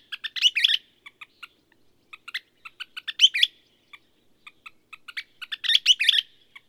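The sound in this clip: Bird song of crisp repeated ticking notes leading into loud, buzzy chattering bursts, heard three times at roughly three-second intervals.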